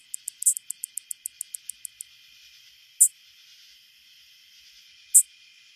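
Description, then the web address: Greater anglewing song, a series of over a dozen short, high, scratchy ticks over two seconds, followed by two isolated louder clicks, against a faint steady high hum. North America. "Songs of Insects. Greater Anglewing"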